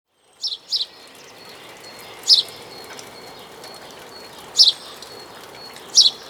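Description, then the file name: House sparrow uttering short, bright chirps singly and in pairs at uneven gaps, with a quiet continuous hiss behind. "Passer domesticus"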